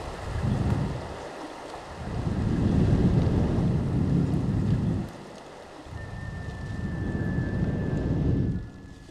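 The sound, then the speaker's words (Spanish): Sea waves surge and recede in three broad, rumbling swells while wind roars across the microphone; a faint thin whistle rises in the last few seconds. No one speaks. “Afuera el sol siempre es nuevo, el mar se retuerce en remolinos de sal y viento.”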